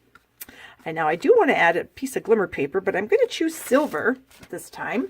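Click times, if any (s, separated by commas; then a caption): 0.4 s. The end flap of a small clear plastic treat box is bent over and tucked in after the two side flaps go underneath, popping into place with a sharp snap at 0.4 s. Someone then talks for the rest of the clip, and the box is seated closed.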